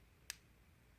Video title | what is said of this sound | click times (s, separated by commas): Lamy Fountain Pens (that are not Safaris) | It's got a nice little satisfying click. | 0.3 s